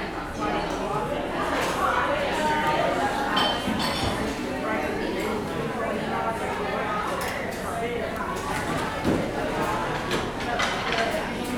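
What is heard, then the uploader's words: Lunch at a busy cafe: many voices overlap into a steady, dense murmur of conversation that never drops away. Short bright clinks, like dishes or cutlery, cut through now and then, around the fourth, ninth and eleventh seconds. Lunch at the Busy Cafe.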